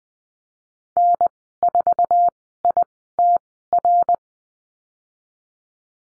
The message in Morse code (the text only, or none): N4ITR